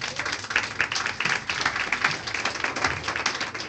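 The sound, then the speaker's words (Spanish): A church audience applauds the Lord as a Bible study of the Book of Leviticus begins: a dense crowd of many hands clapping in an even, sustained wash of sharp taps that holds its level for the whole stretch with no talking. “Así que denle un aplauso al Señor por eso.”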